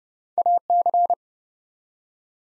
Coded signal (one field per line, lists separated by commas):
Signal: Morse code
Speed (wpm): 30 wpm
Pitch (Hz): 700 Hz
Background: none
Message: AC